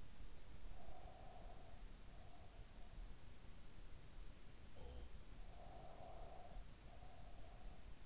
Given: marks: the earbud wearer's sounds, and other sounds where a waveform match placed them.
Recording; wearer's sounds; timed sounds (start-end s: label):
sounds in sleep by an in-ear microphone; breath
0.51-3.14 s: breath
4.58-8.06 s: sound from someone else or the room
5.44-8.06 s: breath